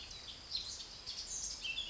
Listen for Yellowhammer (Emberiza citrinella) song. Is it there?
no